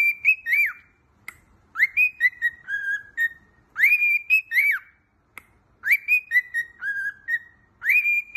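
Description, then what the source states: Cockatiel whistled song: a clear phrase that rises, holds, then steps down in short notes, repeated several times, with a few soft clicks between phrases. Several cockatiels, singing and whistling.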